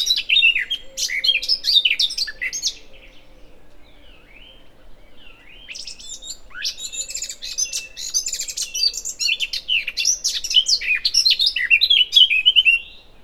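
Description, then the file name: Eurasian blackcap warbling in two long bursts of scratchy, tumbling notes and clear whistles, with a pause of a few seconds between them. "Sylvia atricapilla"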